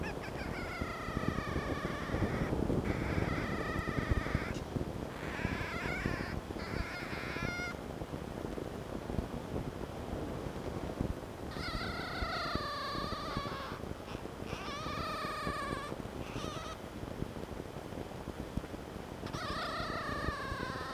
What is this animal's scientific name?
Vulpes vulpes